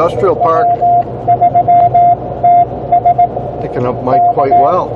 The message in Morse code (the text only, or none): W3TS K